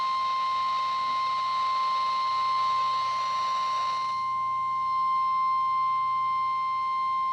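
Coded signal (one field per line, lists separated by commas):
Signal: Emergency Alert System (SAME) tones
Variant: 1050 Hz attention tone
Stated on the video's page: Real EAS alerts for severe thunderstorm warnings from NOAA Weather Radio station KHB36, one issued with emergency management as the source.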